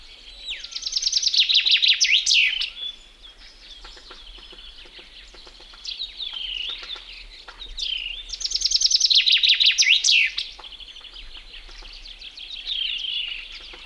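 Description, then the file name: Common chaffinch song, a rapid run of sweet notes dropping in pitch and finishing with an emphatic twist. Two full phrases about seven seconds apart, with other birds faintly behind. "metsvint"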